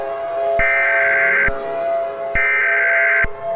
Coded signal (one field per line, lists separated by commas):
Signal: Emergency Alert System (SAME) tones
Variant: header bursts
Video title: eas shitpost - not a community announcement